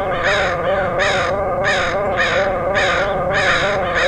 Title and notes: Dronecast: Crows of Portland. Crows recorded by Dan Bodah in Portland, OR, August 2003